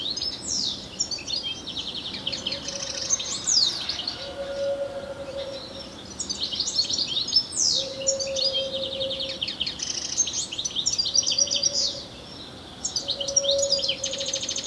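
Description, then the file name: European goldfinch song in repeated runs of twittering notes and descending buzzy slurs, separated by short pauses, with a low intermittent hum. "Carduelis carduelis"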